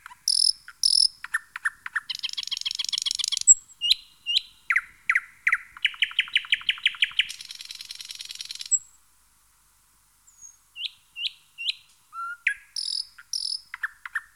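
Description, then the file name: Thrush nightingale song: loud varied phrases with rapid rattling trills, harsh buzzy bursts, sharp clicks and repeated whistled notes, pausing briefly before resuming with sharp repeated notes. "Jean C Roche - Rossignol progne"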